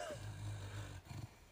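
Low, steady rumbling buzz from a sleeping pet dog named Rupert, then a shorter second rumble: ordinary dog snoring.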